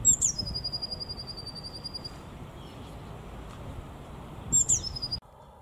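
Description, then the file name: Eurasian blue tit song, two phrases each opening with piercing high notes before a fast, level, high-pitched trill, the first trill lasting over a second and the second much shorter, against faint low background noise. "MESANGE BLEUE chant"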